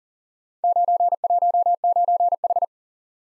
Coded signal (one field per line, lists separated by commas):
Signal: Morse code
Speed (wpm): 39 wpm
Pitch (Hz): 700 Hz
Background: none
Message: 919H